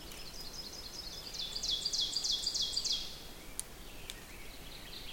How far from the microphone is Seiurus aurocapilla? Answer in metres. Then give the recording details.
about 70 m. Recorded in boreal forest in Alberta, Canada, on 6 June 2016 at 06:26. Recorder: SongMeter 3, array SBT-3-51. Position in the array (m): 223 m, 9 m. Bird 27